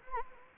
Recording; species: mosquito wingbeat signal from an infrared sensor; Anopheles gambiae